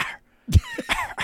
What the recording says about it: He had it last year too. Because it's allergies, maybe. It's this really dry cough. Every like 10 or 15 minutes you can hear him.